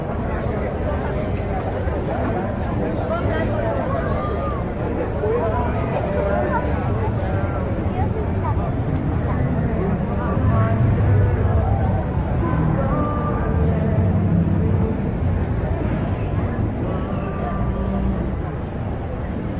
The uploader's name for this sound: CITY SOUNDS AMBIENCE